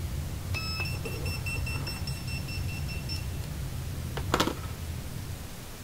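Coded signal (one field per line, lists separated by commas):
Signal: pager alert tone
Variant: restaurant wireless calling pager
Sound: rapid repeated high-pitched beeps for about three seconds, then a few clicks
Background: room hum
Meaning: The pager is being called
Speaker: so you can see there's not much to it i just press the number six and then the pager goes off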